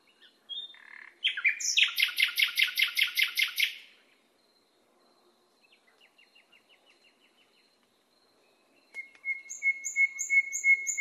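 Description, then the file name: Nightingale song opening with a loud, rapid rattling trill, a soft faint series after a pause, then evenly repeated pure whistles. Masteran recording, made for training cage birds to sing. "suara masteran nightingale"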